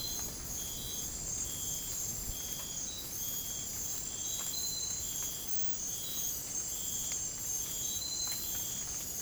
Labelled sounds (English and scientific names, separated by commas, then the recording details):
none
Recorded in dense forest near Puerto Asís, Putumayo, Colombia, on 30 June 2025 at 04:30
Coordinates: 0.503, -76.323
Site G059